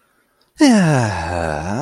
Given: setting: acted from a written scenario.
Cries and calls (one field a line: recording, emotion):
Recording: vocal sound without words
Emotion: contentment